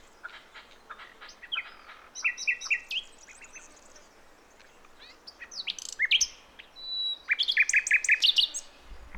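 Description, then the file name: Common nightingale song in varied phrases: scattered short notes, then rapid repeated pure notes and a closing burst of fast trilled strokes. "Luscinia megarhynchos"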